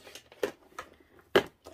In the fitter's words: that didn't click on there very well did it there we go